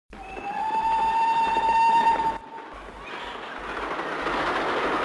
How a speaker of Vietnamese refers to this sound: Lúc ấy, một con tàu tốc hành thắp đèn sáng lòa, ầm ầm như sóng rền, lao qua làm gian phòng ông bẻ ghi rung lên.